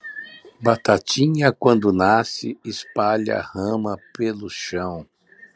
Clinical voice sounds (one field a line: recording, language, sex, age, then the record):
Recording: short text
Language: Brazilian Portuguese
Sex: male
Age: 60 to 69 years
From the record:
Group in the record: control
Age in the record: 65 years